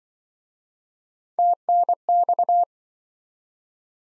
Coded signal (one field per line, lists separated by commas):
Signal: Morse code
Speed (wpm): 28 wpm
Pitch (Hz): 700 Hz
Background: none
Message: TNX